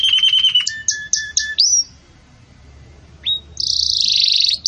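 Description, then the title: Canary song: quick rattles and short clipped notes ending in a rising whistle, a brief silence, then a loud harsh buzzy trill. Belgian canary song, described as campainha, used for breeding chicks to learn from. "Belíssimo Canto Do Canário Belga Campainha Para Encarte De Filhotes"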